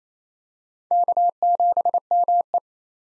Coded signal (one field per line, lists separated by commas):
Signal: Morse code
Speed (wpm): 28 wpm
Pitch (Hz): 700 Hz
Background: none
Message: K7ME